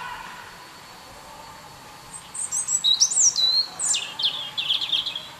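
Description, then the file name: European robin song: quiet at first, then a rush of high, sharply sweeping whistles ending in a rapid warbling trill. "Erithacus rubecula"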